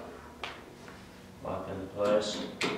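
The second knee block on a Levo C3 standing power wheelchair is swung to the side and locks into its stowed position, with a short, quieter click at 0.4 s. Someone talks over the rest of the clip. The knee block is seated and locked in place.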